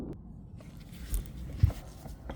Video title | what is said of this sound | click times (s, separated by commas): 2015 volkswagen passat taillight bulb replacement | All right, we got our connector in. I made sure it clipped in, and you feel a little click, and then you push your red tab right there. That locks it. | 1.1 s, 2.3 s